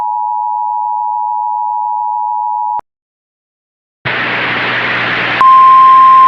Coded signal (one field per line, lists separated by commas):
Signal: Emergency Alert System (SAME) tones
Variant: 853 and 960 Hz attention tone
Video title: EAS MOCK | Lightning strike BFDI Anomaly